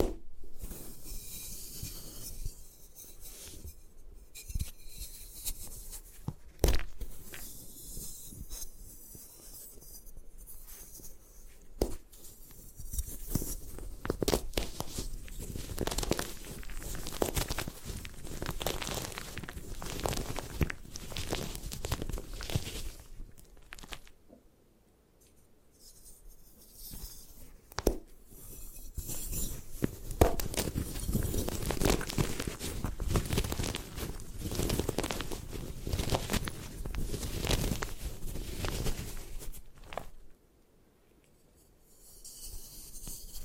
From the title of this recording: Satisfying Ways to Destroy Gym Chalk